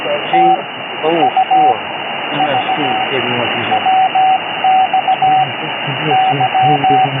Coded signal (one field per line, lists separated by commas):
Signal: Morse code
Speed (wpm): 17 wpm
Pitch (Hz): 760 Hz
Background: speech, radio noise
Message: T U V W X Y